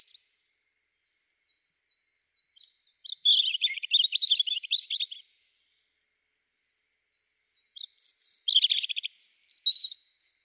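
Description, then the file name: European robin song: two thin, high warbling phrases of rapid tinkling and trilled notes, separated by a quiet pause. "Erithacus rubecula"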